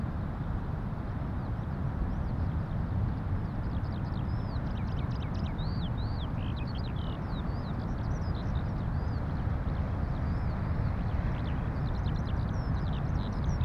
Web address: skylarks and distant thundering surf north of bude cornwall